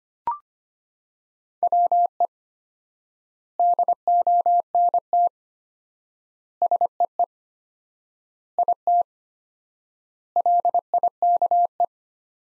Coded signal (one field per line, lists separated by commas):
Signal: Morse code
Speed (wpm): 25 wpm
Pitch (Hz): 700 Hz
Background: none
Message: WE DONT SEE IT LIKE